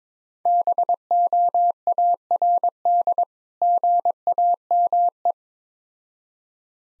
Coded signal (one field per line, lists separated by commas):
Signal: Morse code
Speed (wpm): 22 wpm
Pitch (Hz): 700 Hz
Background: none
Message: BOARD GAME